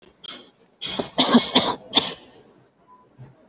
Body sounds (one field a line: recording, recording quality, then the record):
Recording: shallow voluntary cough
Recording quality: excellent, no background noise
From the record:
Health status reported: healthy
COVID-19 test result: negative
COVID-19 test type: RT-PCR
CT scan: not taken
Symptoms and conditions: none ticked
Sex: female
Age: 22 years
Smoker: no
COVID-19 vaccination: both doses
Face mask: worn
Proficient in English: yes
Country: India